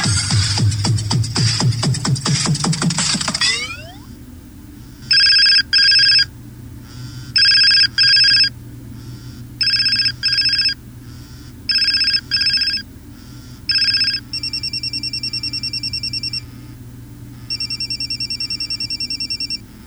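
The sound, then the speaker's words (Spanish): A rising swoosh gives way to an electronic telephone ringing in bright, repeated double bursts, ending in longer steady tones, all over a low constant hum with no talking. “Nuestro teléfono esta tarde y también la buena música que siempre nos acompaña desde el sur”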